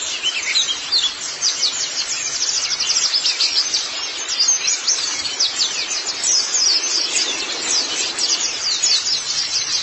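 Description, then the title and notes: White-eye: rapid, piercing twitter of white-eye, clusters of high chirps packed closely together without a break. "Kicauan Burung Pleci Durasi Panjang. Suara kicauan burung pleci"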